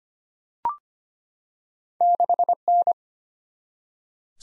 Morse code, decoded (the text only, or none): 6N